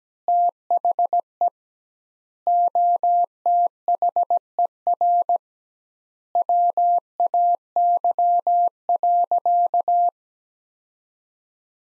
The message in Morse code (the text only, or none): THE OTHER WAY.